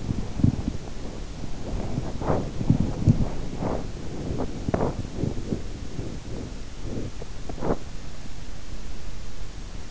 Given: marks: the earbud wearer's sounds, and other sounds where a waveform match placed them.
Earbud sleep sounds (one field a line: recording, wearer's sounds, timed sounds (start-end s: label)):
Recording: sounds in sleep by an in-ear microphone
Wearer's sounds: body movement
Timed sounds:
0.00-7.79 s: body movement